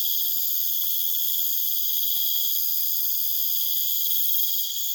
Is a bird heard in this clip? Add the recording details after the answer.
no. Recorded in pastures near Puerto Asís, Putumayo, Colombia, on 19 June 2025 at 19:00. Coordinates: 0.487, -76.322. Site H26